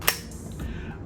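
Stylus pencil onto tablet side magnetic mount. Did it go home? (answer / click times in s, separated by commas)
yes / 0.1 s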